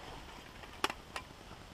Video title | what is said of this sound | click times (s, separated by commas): Hammock Camp in November, solo camp part 2 | And then so it locks in place, you have a little door that you can open and close. | 0.8 s